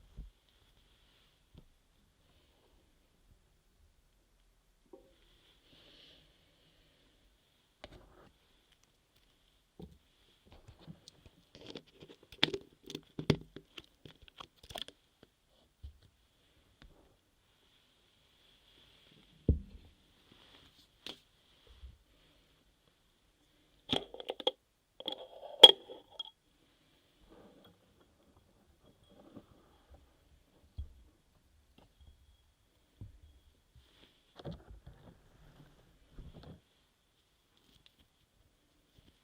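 Ear massage and moisturizing care: soft rubbing, stroking and tapping sounds come in scattered bursts over a near-silent background. Clusters of quick taps and squishy rubs thicken around 12–14 seconds and again near 24–26 seconds, with sparse single touches between.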